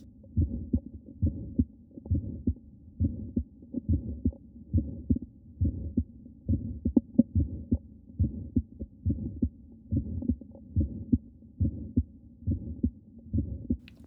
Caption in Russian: Пациентка женщина, около 30 лет, с двустворчатым аортальным клапаном и аортальным стенозом градации умеренный-тяжелый. Верхушка сердца, аортальный тон изгнания, систолический нарастающий убывающий шум.